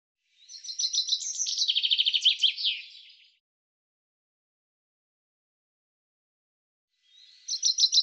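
Common chaffinch song: one full descending trill ending in a flourish, then a long silence, then the start of another song.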